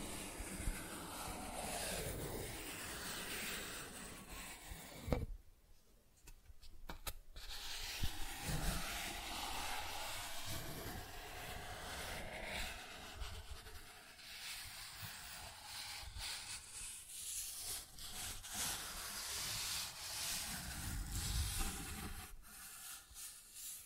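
Cardboard is scratched and rubbed in a steady, dense rasp, with a short lull around five seconds and scattered sharper scrapes throughout.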